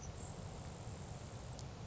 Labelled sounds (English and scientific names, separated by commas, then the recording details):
Grasshopper Sparrow (Ammodramus savannarum)
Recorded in Sonoma County, California